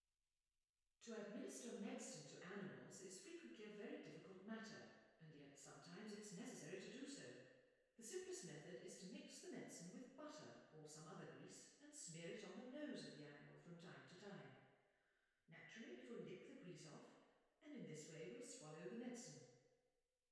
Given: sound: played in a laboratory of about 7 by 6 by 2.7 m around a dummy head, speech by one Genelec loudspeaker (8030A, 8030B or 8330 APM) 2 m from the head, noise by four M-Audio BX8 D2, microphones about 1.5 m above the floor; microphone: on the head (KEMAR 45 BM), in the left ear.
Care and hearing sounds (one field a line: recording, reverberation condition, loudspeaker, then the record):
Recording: female speech in English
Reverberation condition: high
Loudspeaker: 120 degrees to the right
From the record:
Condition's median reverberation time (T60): about 1300 ms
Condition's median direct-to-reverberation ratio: about -4.0 dB